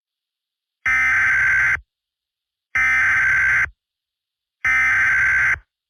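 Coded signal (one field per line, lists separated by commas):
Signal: Emergency Alert System (SAME) tones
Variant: header bursts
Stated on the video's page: Fictional EAS scenario, not a real alert, using synthesized sirens for a shelter-in-place warning.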